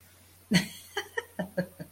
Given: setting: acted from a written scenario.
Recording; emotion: vocal sound without words; amusement